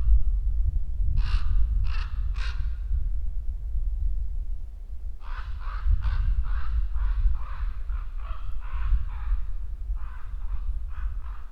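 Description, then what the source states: Common raven calls: three harsh croaks, then a longer run of rapid, hoarse repeated notes and a few more after a short pause, over low rumbling background noise. Recorded at Ivanovi Borki.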